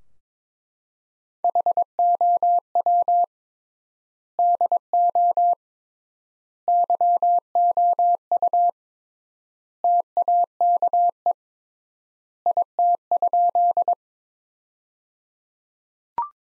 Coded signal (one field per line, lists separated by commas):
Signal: Morse code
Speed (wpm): 22 wpm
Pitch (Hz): 700 Hz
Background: none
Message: HOW DO YOU TAKE IT?